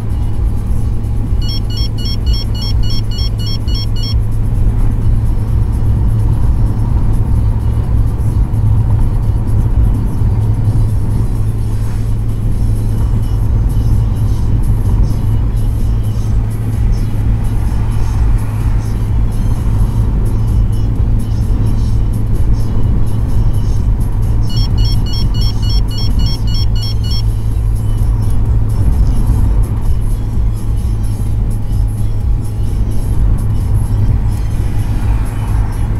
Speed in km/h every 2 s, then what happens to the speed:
106, 107, 107, 108, 108, 108, 108, 107, 107, 107, 107, 108, 107, 107, 107, 106, 105, 105.
0-36 steady at about 107.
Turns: none.